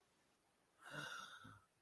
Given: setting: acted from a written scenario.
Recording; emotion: vocal sound without words; awe